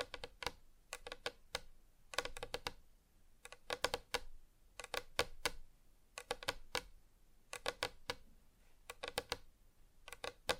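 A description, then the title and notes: Tapping on a hard surface comes in quick bursts of sharp, clicky strikes, a few taps at a time, separated by short pauses. The clusters recur every second or so across the whole stretch, with a faint low hum underneath and no voices. ASMR Just Tapping (Different Surfaces No Talking).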